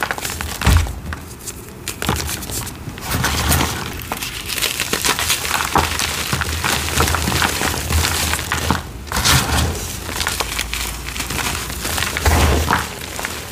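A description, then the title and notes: Crunchy cornstarch and dyed gym chalk crumble in a steady stream of dense, gritty crackles with no pauses. Sharper squeezes and crunches break through at about 1, 4, 9 and 12 seconds, each adding a soft low thud under the bright crackling. YELLOW Citric Acid Dyed Chalk Series. Crispy, crunchy, flaky, gritty cornstarch crunchies and dyed gym chalk crumbling ASMR.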